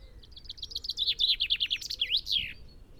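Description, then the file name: Common chaffinch song, a quick sequence of sharp high notes stepping downward into a twisting ending flourish. "Fringilla coelebs"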